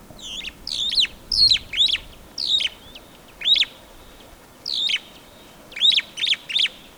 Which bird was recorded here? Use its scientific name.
Lamprotornis superbus